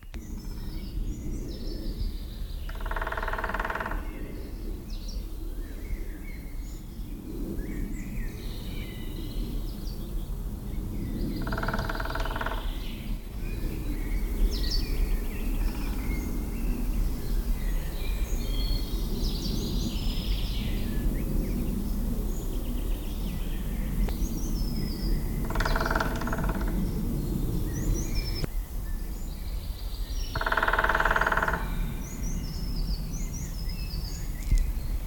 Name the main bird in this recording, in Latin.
Dendrocopos minor